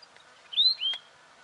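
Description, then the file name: Weebill song, a single quick whistled phrase of two high notes, the first rising, the second slightly lower, with a sharp click during the second. "canto do gerigono de bico curto"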